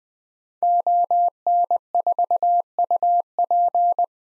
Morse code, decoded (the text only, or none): ON4UP